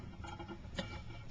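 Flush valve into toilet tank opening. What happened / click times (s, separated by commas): The flush valve dropped into the tank opening with a click / 0.8 s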